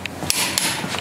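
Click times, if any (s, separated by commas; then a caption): 0.3 s. A click-type torque wrench is used by hand to tighten a lug nut on a car wheel in a star pattern after a tire rotation. An impact wrench is avoided because it can warp the rotor. The wrench gives a sharp click at 0.3 s when it reaches its torque setting, with other short ticks at about 0.05, 0.57 and 1.0 s.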